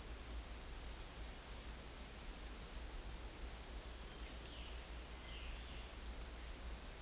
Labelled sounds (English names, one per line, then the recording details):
none
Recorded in dense forest near Puerto Asís, Putumayo, Colombia, on 13 March 2025 at 16:00
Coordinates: 0.499, -76.324
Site GP03